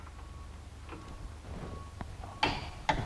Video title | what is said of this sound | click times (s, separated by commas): 2009 Ford Edge warped front brake rotors and pads | same thing with that one quarter turn till it clicked | 2.9 s